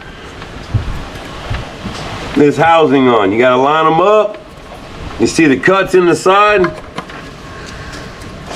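A coolant hose quick-connect fitting with retaining clip hooks is being lined up with the cuts in the side of the engine housing on a 2014 Ford F-150 while someone talks. A brief sharp sound comes near the end, but nothing has seated or clicked yet.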